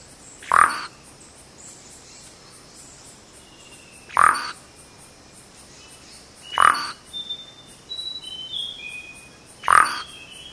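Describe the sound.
Vogelkop bowerbird harsh calls: short broad rasping bursts, repeated about every three seconds, with faint thin whistles between the later ones.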